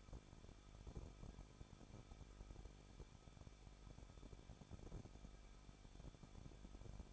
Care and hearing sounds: daily activity, microphone in the room; no activity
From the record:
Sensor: 5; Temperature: 20.8 degrees Celsius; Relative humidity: 38.3%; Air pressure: 1006.4 hPa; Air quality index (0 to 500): 188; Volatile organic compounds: 19 ppm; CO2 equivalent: 2648 ppm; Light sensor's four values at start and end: 2/3/1/1 and 2/3/1/1

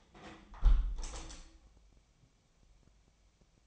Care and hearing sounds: daily activity, microphone in the room; close window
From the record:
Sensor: 1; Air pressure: 1014.9 hPa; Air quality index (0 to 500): 27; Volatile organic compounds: 1 ppm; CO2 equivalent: 516 ppm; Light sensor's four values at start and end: 10/25/10/11 and 10/25/10/11

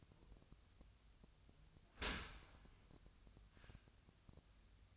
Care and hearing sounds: daily activity, microphone in the room; open dishwasher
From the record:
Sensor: 2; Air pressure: 1004.6 hPa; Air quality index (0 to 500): 106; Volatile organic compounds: 2 ppm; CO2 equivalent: 1282 ppm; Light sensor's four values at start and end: 6/15/6/6 and 6/15/6/6

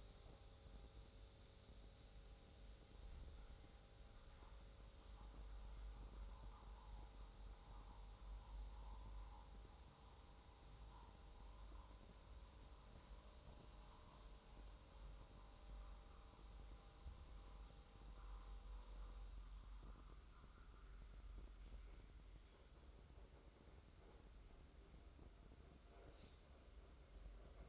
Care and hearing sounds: daily activity, microphone in the room; make coffee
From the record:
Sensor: 3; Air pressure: 994.4 hPa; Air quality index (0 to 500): 205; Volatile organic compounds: 1000 ppm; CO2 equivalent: 6829 ppm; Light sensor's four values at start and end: 186/446/187/184 and 187/448/188/186

